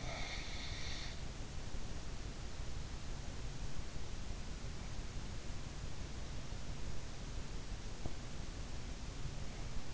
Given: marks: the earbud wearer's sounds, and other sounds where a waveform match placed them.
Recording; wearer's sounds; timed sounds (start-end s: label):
sounds in sleep by an in-ear microphone; breath
0.00-1.10 s: breath